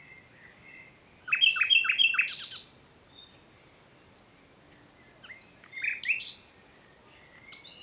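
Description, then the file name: Common nightingale song: short bursts of rapid repeated chirps and sharp whistles, separated by a pause of about two and a half seconds, with a faint high steady tone behind. "Luscinia megarhynchos"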